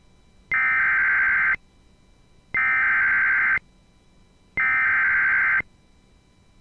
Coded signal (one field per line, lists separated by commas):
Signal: Emergency Alert System (SAME) tones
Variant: header bursts